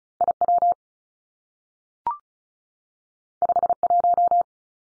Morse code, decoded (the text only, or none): I W 5 1